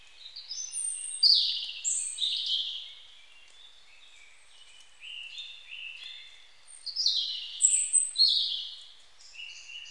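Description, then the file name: European robin song: two high, thin warbling phrases of trilled and sliding notes, with quieter notes between them. "Erithacus rubecula"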